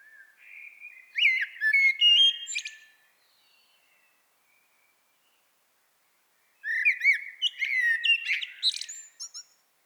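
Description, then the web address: Common blackbird gives two song phrases, each with mellow whistles ending in a high, scratchy twitter. "SETE data Turdus merula"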